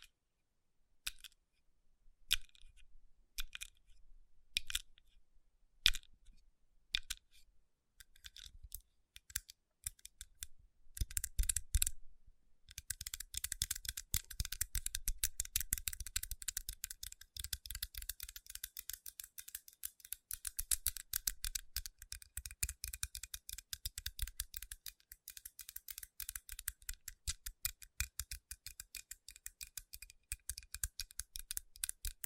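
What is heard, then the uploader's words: Fingers tap on rhinestone-covered palms, starting with sparse, sharp clicks for the first ten seconds. Around twelve seconds the taps turn into a dense, continuous rubbing and scratching. That busy, crisp clatter carries on steadily to the end, with a soft low thump under it. Tapping & Rubbing Rhinestone Covered Palms.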